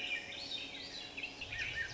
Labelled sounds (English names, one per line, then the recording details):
Swainson's Thrush
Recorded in Sonoma County, California